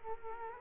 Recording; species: mosquito wingbeat signal from an infrared sensor; Culex quinquefasciatus